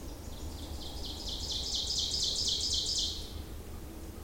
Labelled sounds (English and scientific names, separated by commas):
Ovenbird (Seiurus aurocapilla) song